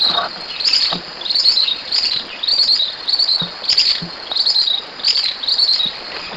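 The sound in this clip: Bird calls in repeated short bursts of high, chattering notes over a constant background hiss.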